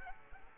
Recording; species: mosquito wingbeat signal from an infrared sensor; Aedes aegypti